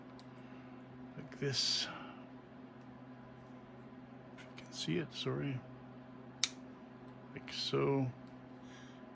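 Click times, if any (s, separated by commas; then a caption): 6.4 s. A wiring part with a metal spring contact is pushed into its socket while rewiring a 1927 Model TT truck, and someone talks. A sharp tick is heard at 6.4 seconds. The part is only partly seated: the spring sticks out too far because it is bent outwards at an angle.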